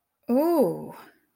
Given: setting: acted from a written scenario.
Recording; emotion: vocal sound without words; desire